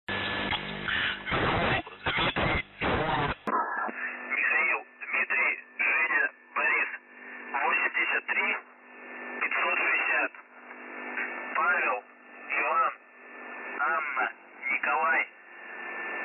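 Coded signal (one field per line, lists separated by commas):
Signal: numbers station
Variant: UVB-76 voice message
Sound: a man's voice over shortwave reads short phrases with pauses; a faint steady whistle sits underneath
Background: radio static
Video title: UVB-76 4625 kHz USB voice message 14.01.13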